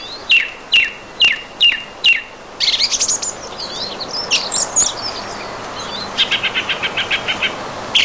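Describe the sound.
Song thrush song: a sharp whistled note repeated five times, then varied squeaky and rattling phrases, ending in a fast run of clipped repeated notes.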